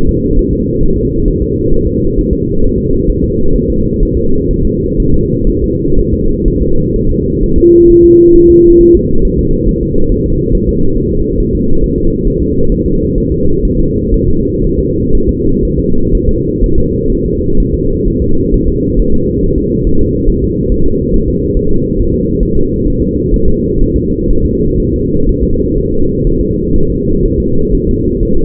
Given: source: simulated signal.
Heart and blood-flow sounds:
fetal heart sounds
0.09 s: S2
0.39 s: S1
0.53 s: S2
0.83 s: S1
0.98 s: S2
1.28 s: S1
1.42 s: S2
1.73 s: S1
1.87 s: S2
2.18 s: S1
2.33 s: S2
2.64 s: S1
2.78 s: S2
3.10 s: S1
3.24 s: S2
3.56 s: S1
3.70 s: S2
4.03 s: S1
4.17 s: S2
4.51 s: S1
4.65 s: S2
5.00 s: S1
5.14 s: S2
5.50 s: S1
5.64 s: S2
5.99 s: S1
6.14 s: S2
6.48 s: S1
6.62 s: S2
6.96 s: S1
7.11 s: S2
7.44 s: S1
7.58 s: S2
7.90 s: S1
8.04 s: S2
8.36 s: S1
8.50 s: S2
8.81 s: S1
8.95 s: S2
9.25 s: S1
9.39 s: S2
9.69 s: S1
9.83 s: S2
10.12 s: S1
10.26 s: S2
10.55 s: S1
10.69 s: S2
10.98 s: S1
11.12 s: S2
11.40 s: S1
11.55 s: S2
11.84 s: S1
11.98 s: S2
12.27 s: S1
12.42 s: S2
12.72 s: S1
12.86 s: S2
13.18 s: S1
13.32 s: S2
13.65 s: S1
13.80 s: S2
14.14 s: S1
14.28 s: S2
14.64 s: S1
14.79 s: S2
15.15 s: S1
15.29 s: S2
15.65 s: S1
15.80 s: S2
16.15 s: S1
16.29 s: S2
16.64 s: S1
16.78 s: S2
17.12 s: S1
17.26 s: S2
17.60 s: S1
17.75 s: S2
18.08 s: S1
18.22 s: S2
18.54 s: S1
18.68 s: S2
19.00 s: S1
19.14 s: S2
19.44 s: S1
19.58 s: S2
19.87 s: S1
20.01 s: S2
20.29 s: S1
20.44 s: S2
20.72 s: S1
20.86 s: S2
21.14 s: S1
21.28 s: S2
21.57 s: S1
21.71 s: S2
21.99 s: S1
22.14 s: S2
22.43 s: S1
22.57 s: S2
22.88 s: S1
23.02 s: S2
23.34 s: S1
23.48 s: S2
23.81 s: S1
23.96 s: S2
24.30 s: S1
24.45 s: S2
24.80 s: S1
24.94 s: S2
25.29 s: S1
25.43 s: S2
25.78 s: S1
25.92 s: S2
26.27 s: S1
26.41 s: S2
26.76 s: S1
26.90 s: S2
27.26 s: S1
27.40 s: S2
27.75 s: S1
27.89 s: S2
28.23 s: S1
28.37 s: S2
From the record:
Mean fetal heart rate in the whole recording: 130 bpm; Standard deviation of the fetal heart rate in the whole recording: 4 bpm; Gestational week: 38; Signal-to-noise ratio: -17.7 dB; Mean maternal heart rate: 72 bpm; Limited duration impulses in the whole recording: present

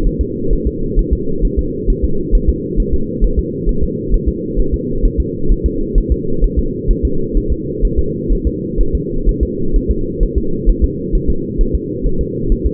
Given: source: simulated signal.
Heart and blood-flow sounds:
fetal heart sounds
0.07 s: S1
0.21 s: S2
0.53 s: S1
0.67 s: S2
0.99 s: S1
1.13 s: S2
1.45 s: S1
1.59 s: S2
1.90 s: S1
2.05 s: S2
2.35 s: S1
2.49 s: S2
2.80 s: S1
2.94 s: S2
3.24 s: S1
3.39 s: S2
3.69 s: S1
3.83 s: S2
4.14 s: S1
4.29 s: S2
4.59 s: S1
4.74 s: S2
5.05 s: S1
5.20 s: S2
5.52 s: S1
5.66 s: S2
5.98 s: S1
6.12 s: S2
6.44 s: S1
6.59 s: S2
6.91 s: S1
7.05 s: S2
7.37 s: S1
7.52 s: S2
7.85 s: S1
7.99 s: S2
8.33 s: S1
8.47 s: S2
8.81 s: S1
8.95 s: S2
9.29 s: S1
9.43 s: S2
9.76 s: S1
9.91 s: S2
10.23 s: S1
10.38 s: S2
10.69 s: S1
10.84 s: S2
11.15 s: S1
11.30 s: S2
11.61 s: S1
11.75 s: S2
12.06 s: S1
12.21 s: S2
12.52 s: S1
12.67 s: S2
From the record:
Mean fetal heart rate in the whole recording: 130 bpm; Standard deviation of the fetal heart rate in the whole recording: 2 bpm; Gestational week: 38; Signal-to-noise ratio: -8.1 dB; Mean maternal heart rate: 72 bpm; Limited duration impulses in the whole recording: absent

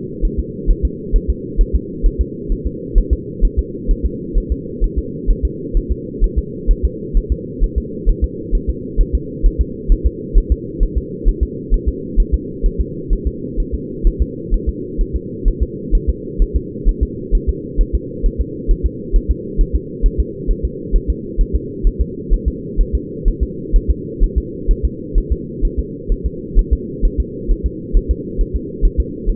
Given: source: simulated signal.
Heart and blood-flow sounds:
fetal heart sounds
0.25 s: S1
0.39 s: S2
0.71 s: S1
0.85 s: S2
1.16 s: S1
1.30 s: S2
1.61 s: S1
1.75 s: S2
2.06 s: S1
2.21 s: S2
2.52 s: S1
2.67 s: S2
2.98 s: S1
3.13 s: S2
3.45 s: S1
3.59 s: S2
3.91 s: S1
4.06 s: S2
4.38 s: S1
4.52 s: S2
4.84 s: S1
4.99 s: S2
5.31 s: S1
5.45 s: S2
5.77 s: S1
5.92 s: S2
6.24 s: S1
6.38 s: S2
6.71 s: S1
6.85 s: S2
7.17 s: S1
7.32 s: S2
7.64 s: S1
7.78 s: S2
8.10 s: S1
8.24 s: S2
8.55 s: S1
8.69 s: S2
9.01 s: S1
9.15 s: S2
9.46 s: S1
9.61 s: S2
9.92 s: S1
10.06 s: S2
10.38 s: S1
10.52 s: S2
10.83 s: S1
10.98 s: S2
11.29 s: S1
11.43 s: S2
11.74 s: S1
11.88 s: S2
12.20 s: S1
12.34 s: S2
12.66 s: S1
12.81 s: S2
13.13 s: S1
13.27 s: S2
13.60 s: S1
13.75 s: S2
14.07 s: S1
14.22 s: S2
14.54 s: S1
14.69 s: S2
15.01 s: S1
15.16 s: S2
15.48 s: S1
15.62 s: S2
15.95 s: S1
16.10 s: S2
16.42 s: S1
16.56 s: S2
16.89 s: S1
17.03 s: S2
17.35 s: S1
17.49 s: S2
17.81 s: S1
17.95 s: S2
18.26 s: S1
18.41 s: S2
18.71 s: S1
18.86 s: S2
19.16 s: S1
19.31 s: S2
19.61 s: S1
19.75 s: S2
20.06 s: S1
20.20 s: S2
20.51 s: S1
20.65 s: S2
20.96 s: S1
21.10 s: S2
21.41 s: S1
21.56 s: S2
21.87 s: S1
22.01 s: S2
22.33 s: S1
22.48 s: S2
22.81 s: S1
22.95 s: S2
23.28 s: S1
23.43 s: S2
23.76 s: S1
23.91 s: S2
24.24 s: S1
24.38 s: S2
24.71 s: S1
24.85 s: S2
25.18 s: S1
25.32 s: S2
25.65 s: S1
25.79 s: S2
26.12 s: S1
26.26 s: S2
26.59 s: S1
26.73 s: S2
27.05 s: S1
27.20 s: S2
27.51 s: S1
27.66 s: S2
27.97 s: S1
28.11 s: S2
28.41 s: S1
28.56 s: S2
28.85 s: S1
29.00 s: S2
29.30 s: S1
From the record:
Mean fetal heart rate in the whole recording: 130 bpm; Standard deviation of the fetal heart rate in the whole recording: 2 bpm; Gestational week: 38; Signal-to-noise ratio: -4.1 dB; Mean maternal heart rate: no maternal heart sound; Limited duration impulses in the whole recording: absent

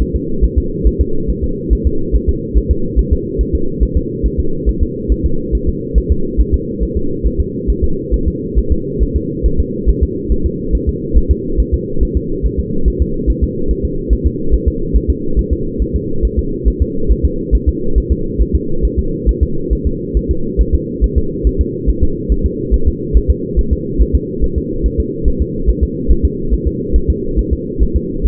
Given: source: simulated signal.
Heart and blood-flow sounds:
fetal heart sounds
0.02 s: S1
0.16 s: S2
0.45 s: S1
0.58 s: S2
0.87 s: S1
1.01 s: S2
1.30 s: S1
1.44 s: S2
1.73 s: S1
1.87 s: S2
2.16 s: S1
2.29 s: S2
2.58 s: S1
2.71 s: S2
2.99 s: S1
3.13 s: S2
3.41 s: S1
3.55 s: S2
3.83 s: S1
3.97 s: S2
4.26 s: S1
4.40 s: S2
4.69 s: S1
4.83 s: S2
5.12 s: S1
5.26 s: S2
5.55 s: S1
5.69 s: S2
5.98 s: S1
6.12 s: S2
6.41 s: S1
6.54 s: S2
6.83 s: S1
6.97 s: S2
7.27 s: S1
7.40 s: S2
7.70 s: S1
7.84 s: S2
8.14 s: S1
8.28 s: S2
8.59 s: S1
8.72 s: S2
9.03 s: S1
9.16 s: S2
9.46 s: S1
9.60 s: S2
9.90 s: S1
10.03 s: S2
10.32 s: S1
10.46 s: S2
10.75 s: S1
10.89 s: S2
11.18 s: S1
11.31 s: S2
11.60 s: S1
11.74 s: S2
12.03 s: S1
12.17 s: S2
12.46 s: S1
12.59 s: S2
12.88 s: S1
13.02 s: S2
13.30 s: S1
13.44 s: S2
13.71 s: S1
13.85 s: S2
14.13 s: S1
14.27 s: S2
14.54 s: S1
14.68 s: S2
14.96 s: S1
15.10 s: S2
15.39 s: S1
15.53 s: S2
15.82 s: S1
15.96 s: S2
16.25 s: S1
16.39 s: S2
16.68 s: S1
16.82 s: S2
17.12 s: S1
17.25 s: S2
17.55 s: S1
17.69 s: S2
17.98 s: S1
18.12 s: S2
18.42 s: S1
18.55 s: S2
18.85 s: S1
18.99 s: S2
19.29 s: S1
19.43 s: S2
19.73 s: S1
19.87 s: S2
20.17 s: S1
20.31 s: S2
20.61 s: S1
20.75 s: S2
21.04 s: S1
21.18 s: S2
21.47 s: S1
21.61 s: S2
21.90 s: S1
22.03 s: S2
22.32 s: S1
22.46 s: S2
22.74 s: S1
22.88 s: S2
23.17 s: S1
23.30 s: S2
23.59 s: S1
23.73 s: S2
24.02 s: S1
24.15 s: S2
24.44 s: S1
24.58 s: S2
24.86 s: S1
25.00 s: S2
25.28 s: S1
25.42 s: S2
25.70 s: S1
25.83 s: S2
26.11 s: S1
26.25 s: S2
26.54 s: S1
26.67 s: S2
26.96 s: S1
27.10 s: S2
27.39 s: S1
27.53 s: S2
27.83 s: S1
27.96 s: S2
28.26 s: S1
From the record:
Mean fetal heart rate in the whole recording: 140 bpm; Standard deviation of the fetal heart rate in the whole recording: 2 bpm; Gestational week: 34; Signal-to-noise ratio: -8.1 dB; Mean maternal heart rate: 72 bpm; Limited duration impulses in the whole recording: absent

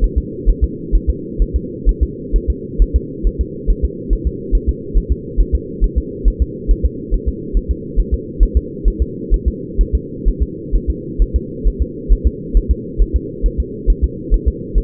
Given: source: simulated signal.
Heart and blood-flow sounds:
fetal heart sounds
0.04 s: S1
0.18 s: S2
0.50 s: S1
0.64 s: S2
0.95 s: S1
1.10 s: S2
1.42 s: S1
1.56 s: S2
1.89 s: S1
2.03 s: S2
2.36 s: S1
2.50 s: S2
2.82 s: S1
2.96 s: S2
3.27 s: S1
3.41 s: S2
3.70 s: S1
3.84 s: S2
4.13 s: S1
4.27 s: S2
4.55 s: S1
4.69 s: S2
4.98 s: S1
5.12 s: S2
5.40 s: S1
5.55 s: S2
5.84 s: S1
5.98 s: S2
6.28 s: S1
6.42 s: S2
6.71 s: S1
6.86 s: S2
7.14 s: S1
7.28 s: S2
7.57 s: S1
7.71 s: S2
8.00 s: S1
8.14 s: S2
8.43 s: S1
8.57 s: S2
8.88 s: S1
9.02 s: S2
9.34 s: S1
9.48 s: S2
9.81 s: S1
9.95 s: S2
10.28 s: S1
10.43 s: S2
10.76 s: S1
10.90 s: S2
11.22 s: S1
11.36 s: S2
11.68 s: S1
11.82 s: S2
12.12 s: S1
12.27 s: S2
12.57 s: S1
12.71 s: S2
13.02 s: S1
13.16 s: S2
13.46 s: S1
13.60 s: S2
13.90 s: S1
14.04 s: S2
14.34 s: S1
14.48 s: S2
14.78 s: S1
From the record:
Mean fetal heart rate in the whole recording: 135 bpm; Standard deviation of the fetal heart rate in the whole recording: 3 bpm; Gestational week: 36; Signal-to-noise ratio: -4.1 dB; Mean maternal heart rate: no maternal heart sound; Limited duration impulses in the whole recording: absent

